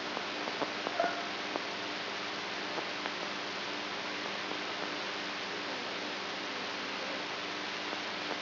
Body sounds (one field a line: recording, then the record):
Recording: brain microelectrode recording played as sound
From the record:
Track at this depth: outside the subthalamic nucleus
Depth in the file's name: 7.105 mm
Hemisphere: right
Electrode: 3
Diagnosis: Parkinson's disease